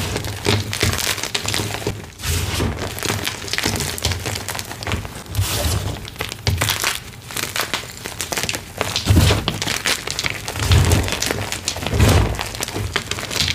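Gym chalk soaked in baby oil is crushed and squeezed, giving a dense run of crackly, crinkling crunches that barely pause for 14 seconds. Low thumps from the pressing hand swell in around 9 to 12 seconds.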